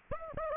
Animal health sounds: mosquito wingbeat signal from an infrared sensor; Aedes aegypti

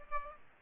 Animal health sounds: mosquito wingbeat signal from an infrared sensor; Aedes aegypti

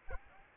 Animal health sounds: mosquito wingbeat signal from an infrared sensor; Aedes albopictus

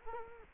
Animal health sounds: mosquito wingbeat signal from an infrared sensor; Culex quinquefasciatus

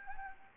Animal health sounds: mosquito wingbeat signal from an infrared sensor; Anopheles gambiae

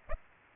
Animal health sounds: mosquito wingbeat signal from an infrared sensor; Aedes aegypti

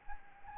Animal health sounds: mosquito wingbeat signal from an infrared sensor; Anopheles arabiensis

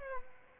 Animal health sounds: mosquito wingbeat signal from an infrared sensor; Aedes aegypti

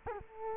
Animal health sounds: mosquito wingbeat signal from an infrared sensor; Culex quinquefasciatus

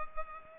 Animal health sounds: mosquito wingbeat signal from an infrared sensor; Culex pipiens

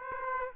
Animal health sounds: mosquito wingbeat signal from an infrared sensor; Aedes aegypti

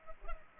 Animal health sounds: mosquito wingbeat signal from an infrared sensor; Culex pipiens

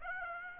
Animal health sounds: mosquito wingbeat signal from an infrared sensor; Aedes aegypti

